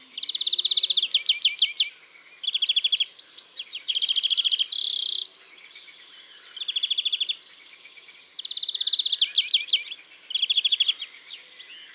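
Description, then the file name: European greenfinch giving rapid high trilled bursts in repeated phrases, with one drawn-out buzzy wheeze in the middle, over a quiet background. "Chloris chloris"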